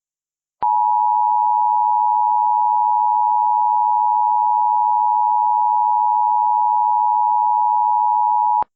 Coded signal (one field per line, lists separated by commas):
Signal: Emergency Alert System (SAME) tones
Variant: 853 and 960 Hz attention tone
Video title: *VALID TONES* M5.8 Earthquake in Central California (EAS Remake from 6/24/20)